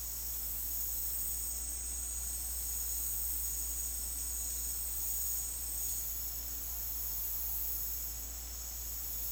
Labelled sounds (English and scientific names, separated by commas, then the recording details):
none
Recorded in dense forest near Puerto Asís, Putumayo, Colombia, on 9 March 2025 at 16:30
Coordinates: 0.503, -76.323
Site GP09